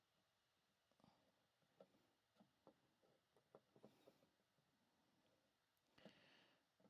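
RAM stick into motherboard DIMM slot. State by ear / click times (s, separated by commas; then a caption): not seated / none. DDR5 RAM sticks are pushed by hand into the motherboard DIMM slots, producing a series of faint, soft knocks and taps over a quiet background, with a brief louder rustle near the end. The sticks fail to click in; nothing has seated or clicked yet.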